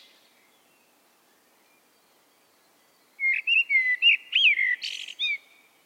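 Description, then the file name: Common blackbird song: after about three seconds of quiet, one phrase of mellow fluted notes closing in a squeaky high twitter. "Turdus merula"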